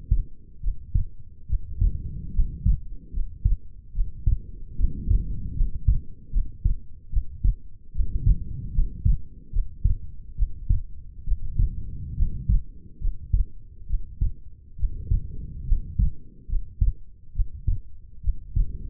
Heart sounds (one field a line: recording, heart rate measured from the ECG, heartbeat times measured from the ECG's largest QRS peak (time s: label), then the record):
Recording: heart sounds by stethoscope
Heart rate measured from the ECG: 72 bpm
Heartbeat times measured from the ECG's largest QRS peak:
0.60 s: heartbeat
1.46 s: heartbeat
2.32 s: heartbeat
3.11 s: heartbeat
3.92 s: heartbeat
4.75 s: heartbeat
5.54 s: heartbeat
6.30 s: heartbeat
7.09 s: heartbeat
7.92 s: heartbeat
8.72 s: heartbeat
9.50 s: heartbeat
10.35 s: heartbeat
11.24 s: heartbeat
12.15 s: heartbeat
12.99 s: heartbeat
13.86 s: heartbeat
14.76 s: heartbeat
15.65 s: heartbeat
16.47 s: heartbeat
17.32 s: heartbeat
18.21 s: heartbeat
From the record:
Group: healthy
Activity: rest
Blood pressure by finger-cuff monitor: 109/71 mmHg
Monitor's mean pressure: 85 mmHg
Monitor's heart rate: 70 bpm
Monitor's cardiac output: 6.1 L/min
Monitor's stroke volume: 88 mL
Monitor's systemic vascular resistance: 1000 dyn s/cm5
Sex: female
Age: 22 years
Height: 160 cm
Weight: 45 kg